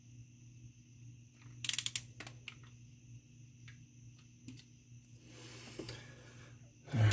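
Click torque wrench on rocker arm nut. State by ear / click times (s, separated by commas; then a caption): not seated / none. A click-type torque wrench is tightening a rocker arm nut to 19 lb-ft on a 1995 Jeep Wrangler YJ with a 2.5L four-cylinder, during a rocker arm and push rod change. A steady low hum runs throughout, with a few sharp metallic ticks near 1.8 and 2.0 seconds, soft rustling and scraping from about 5.2 seconds, and a louder burst at the very end. The wrench has not clicked yet, so the nut has not reached torque.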